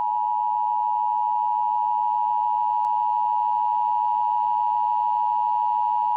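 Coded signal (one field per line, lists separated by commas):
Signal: Emergency Alert System (SAME) tones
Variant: 853 and 960 Hz attention tone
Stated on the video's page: Fictional EAS scenario.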